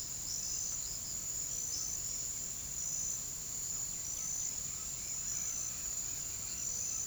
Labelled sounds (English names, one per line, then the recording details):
White-winged Becard
White-throated Toucan
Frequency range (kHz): White-winged Becard 1.9-3.8 kHz; White-throated Toucan 0.7-1.5 kHz
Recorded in pastures near Puerto Asís, Putumayo, Colombia, on 21 February 2024 at 07:30
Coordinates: 0.486, -76.323
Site G6462